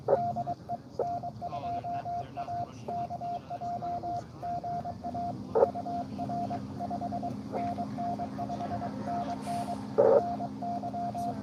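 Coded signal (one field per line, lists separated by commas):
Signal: Morse code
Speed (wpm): 22 wpm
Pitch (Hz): 700 Hz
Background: radio noise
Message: DE N2AKJ GA UR 5NN 5NN NY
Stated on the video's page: Live CW Parks on the Air activation from a state park.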